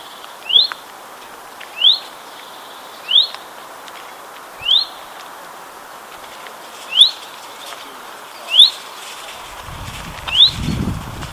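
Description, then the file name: Common chaffinch calls: short, sharp, rising whistled notes, about one every one to two seconds, with a low rumble near the end. "Fringilla coelebs"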